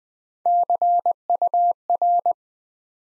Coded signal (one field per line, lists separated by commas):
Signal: Morse code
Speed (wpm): 20 wpm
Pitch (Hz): 700 Hz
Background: none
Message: CUR